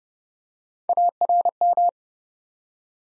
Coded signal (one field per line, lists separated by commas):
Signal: Morse code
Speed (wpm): 29 wpm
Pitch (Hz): 700 Hz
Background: none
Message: ARM